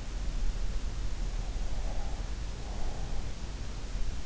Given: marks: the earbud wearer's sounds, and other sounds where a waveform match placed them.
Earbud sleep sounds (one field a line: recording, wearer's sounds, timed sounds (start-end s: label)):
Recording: sounds in sleep by an in-ear microphone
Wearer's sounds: breath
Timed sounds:
1.80-3.10 s: breath